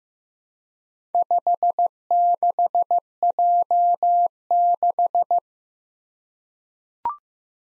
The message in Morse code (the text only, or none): 56J6